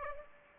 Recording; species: mosquito wingbeat signal from an infrared sensor; Aedes aegypti